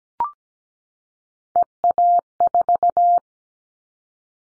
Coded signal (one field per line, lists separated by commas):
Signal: Morse code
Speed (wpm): 17 wpm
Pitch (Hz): 700 Hz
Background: none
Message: EA4